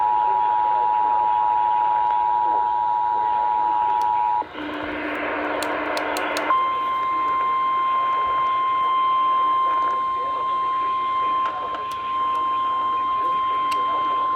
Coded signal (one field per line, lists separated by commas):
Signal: Emergency Alert System (SAME) tones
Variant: 853 and 960 Hz attention tone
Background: speech